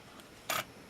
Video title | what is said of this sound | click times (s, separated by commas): Olympus XA2 camera with A11 Flash Test | I heard it click | 0.5 s